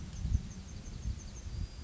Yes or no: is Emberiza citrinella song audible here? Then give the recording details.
yes. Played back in forest. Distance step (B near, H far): G. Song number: 003